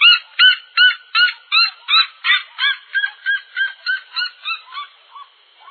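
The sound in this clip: Seriema call: a loud, steady series of many harsh, yelping notes, fading and breaking up toward the end.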